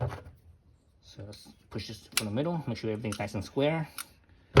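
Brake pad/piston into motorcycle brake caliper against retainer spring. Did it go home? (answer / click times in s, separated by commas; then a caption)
no / none. Someone talks while pressing the brake pad and piston assembly into a Triumph Speedtwin motorcycle brake caliper from the middle, keeping it square against the retainer spring. Brief handling noises are heard, with a soft tap near 4.3 s and a sharp hit right at the end near 4.6 s. Nothing has seated or clicked yet; the part is handled but not yet home.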